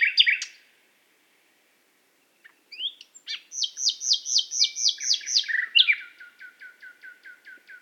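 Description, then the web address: Common nightingale song: a short phrase, a pause, then a series of repeated notes ending in a run of clipped ticks. "SETE data Luscinia megarhynchos"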